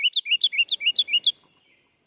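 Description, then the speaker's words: Ruby-crowned Kinglet song, a quick series of bright, repeated two-note phrases ending in a longer, rising high whistle. Bright-headed bird of the treetops; its voice would be deafening if it were a little bigger. "ruby-crowned kinglet, too, that bright-headed sprite of the treetops, would be downright deafening if it were just a little bigger."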